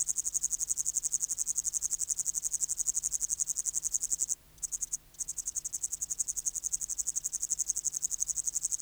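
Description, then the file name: Upland green bush-cricket song, a sustained high-pitched pulsing buzz that stops briefly midway, then resumes at the same rapid rate. "Tettigonia cantans"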